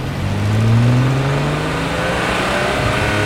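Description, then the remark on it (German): The engine of a bright red open-top sports car revs up, its low droning pitch sweeping upward and then holding a steady, loud roar with a rushing, whirring wash over it. No one speaks. “Ein knallroter Sportwagen mit offenem Coupé und ich sitze drin.”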